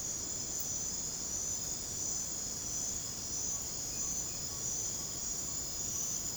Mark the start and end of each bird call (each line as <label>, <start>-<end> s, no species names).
bird call, 3.48-6.01 s